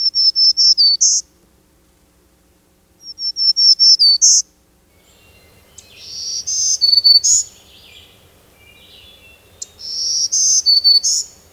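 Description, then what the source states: Black-throated Green Warbler song: short, high, buzzy phrases of several wheezy notes, repeated every few seconds over faint low background noise. Arrives on territory in May and keeps singing well into July.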